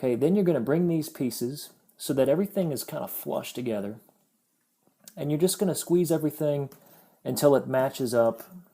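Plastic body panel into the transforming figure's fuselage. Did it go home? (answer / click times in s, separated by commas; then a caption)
no / none. Someone talks while handling a Transformers GDO Powerdive figure during its change to plane mode, squeezing the plastic back sections around the cockpit together so the plastic body panel lines up with the transforming figure's fuselage. Only speech is heard, with a pause in the middle. Nothing has seated or clicked yet.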